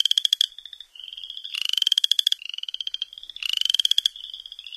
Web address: Songs of Frogs Toads of North America -Upland Chorus Frog